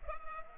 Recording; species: mosquito wingbeat signal from an infrared sensor; Culex pipiens